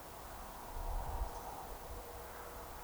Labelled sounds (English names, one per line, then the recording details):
Eurasian Woodcock whistle
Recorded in Baden-Württemberg, Germany, on 29 June 2020 at 02:29 UTC
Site 43791, 788 m above sea level